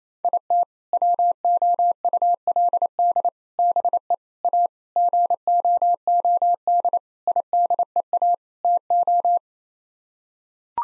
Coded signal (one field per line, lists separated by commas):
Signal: Morse code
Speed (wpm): 28 wpm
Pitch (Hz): 700 Hz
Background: none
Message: IT WOULD BE A GOOD IDEA TO